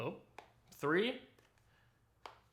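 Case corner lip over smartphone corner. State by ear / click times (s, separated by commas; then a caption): seated / 2.3 s. A case corner lip is pressed over the corner of an iPhone 15 Pro Max inside a Magbak case while someone talks. A short, sharp click at 2.3 s shows the last corner snapping into place, so the case is seated.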